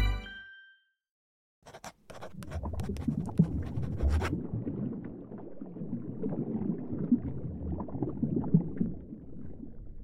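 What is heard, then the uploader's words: Underwater ambience: a short muffled sound, then near silence for about a second. From around two seconds, sharp knocks and clicks break in for a couple of seconds, then give way to a dense, low, murky churning that continues steadily to the end. Underwater Ambience.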